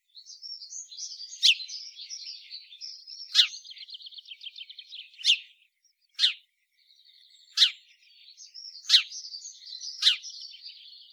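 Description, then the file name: House sparrow calls: a steady buzzy twittering chatter, broken by loud sharp chirps every one to two seconds, with a brief quiet gap midway. "Passer domesticus"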